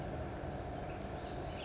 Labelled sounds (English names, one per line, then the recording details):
California Towhee
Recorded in Sonoma County, California